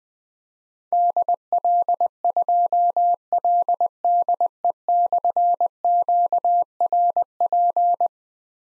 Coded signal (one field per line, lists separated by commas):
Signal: Morse code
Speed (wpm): 21 wpm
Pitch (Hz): 700 Hz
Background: none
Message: DL2LDE/QRP